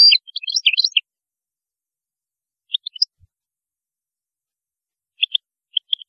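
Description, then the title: European goldfinch song: an opening burst of rapid tinkling twitters, then a few sparse chirps with long quiet gaps. "Chant Chardonneret"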